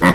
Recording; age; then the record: pig call; piglet (1 to 25 days)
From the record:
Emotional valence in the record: positive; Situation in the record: reunion after long isolation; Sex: female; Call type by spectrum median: low-frequency call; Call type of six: low-frequency tonal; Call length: 0.15 s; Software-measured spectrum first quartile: 264 Hz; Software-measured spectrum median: 746 Hz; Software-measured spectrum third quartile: 1593 Hz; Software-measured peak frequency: 262 Hz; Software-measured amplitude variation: 91 dB a second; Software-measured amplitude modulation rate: 3.4 a second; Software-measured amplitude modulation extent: 26.4 dB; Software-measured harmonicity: -0.5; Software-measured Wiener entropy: -1.18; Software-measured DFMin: 798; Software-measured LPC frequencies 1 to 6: 1087, 1934, 3457, 5653, 7626, 8019 Hz